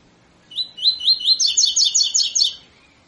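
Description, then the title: Double-collared seedeater song of upslurred whistled notes accelerating into a rapid, slightly buzzy trill, about two seconds long. Tutor song used to train birds; 'tui tui fibra' song style. "COLEIRO TUI TUI FIBRA CANTO PROFESSOR"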